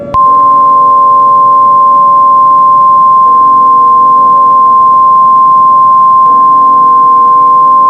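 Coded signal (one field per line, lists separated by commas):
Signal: Emergency Alert System (SAME) tones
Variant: 1050 Hz attention tone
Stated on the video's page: Fictional Emergency Alert System scenario about Godzilla; simulated alert.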